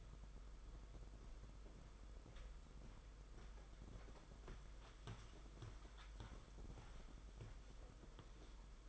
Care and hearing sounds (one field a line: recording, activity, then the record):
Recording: daily activity, microphone in the room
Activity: walk to room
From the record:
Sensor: 5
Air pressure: 991.3 hPa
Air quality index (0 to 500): 94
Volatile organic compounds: 12 ppm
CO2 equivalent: 2373 ppm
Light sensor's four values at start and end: 35/117/44/47 and 33/108/41/43